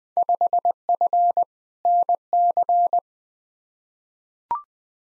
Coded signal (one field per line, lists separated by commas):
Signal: Morse code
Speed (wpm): 21 wpm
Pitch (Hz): 700 Hz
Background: none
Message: 5F NC